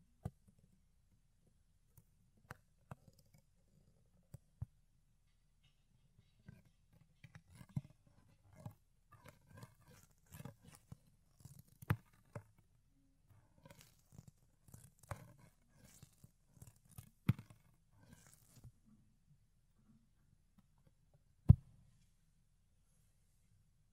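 An ear being cleaned, with soft fluffy rubbing and scratching that swells into busy bursts from about seven to nineteen seconds. Sharp isolated clicks and taps punctuate the sequence, the loudest near twenty-one seconds, over a low muffled rumble.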